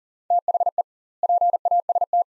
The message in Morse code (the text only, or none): THE PAST